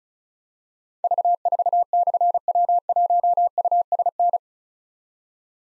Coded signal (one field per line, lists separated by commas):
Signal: Morse code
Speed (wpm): 36 wpm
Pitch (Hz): 700 Hz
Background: none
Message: V4/W1USN